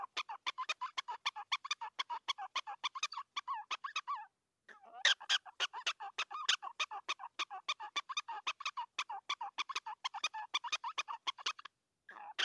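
Prairie dog chirps in a dense, fast series of squeaky barks, pausing near four seconds and again before the final notes.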